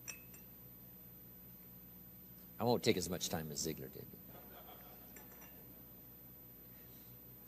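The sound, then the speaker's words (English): A glass is set down with a short burst of bright clinks lasting about a second, while a man speaks over it. “If this glass is full of water, wow, here's my coffee.”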